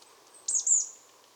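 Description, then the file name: Marsh tit call: a short high note quickly followed by a slightly longer high phrase, under a second long, over faint background hiss. "Poecile palustris"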